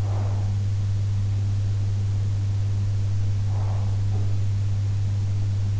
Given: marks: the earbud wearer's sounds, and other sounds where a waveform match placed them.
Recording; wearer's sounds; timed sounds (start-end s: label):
sounds in sleep by an in-ear microphone; breath
0.00-0.54 s: breath
3.47-4.44 s: breath